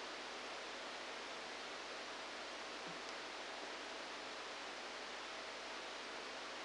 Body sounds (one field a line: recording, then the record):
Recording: brain microelectrode recording played as sound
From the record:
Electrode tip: outside the subthalamic nucleus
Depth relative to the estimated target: -3 mm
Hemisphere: left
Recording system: NeuroSet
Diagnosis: Parkinson's disease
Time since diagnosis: 10 years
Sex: male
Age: 63 years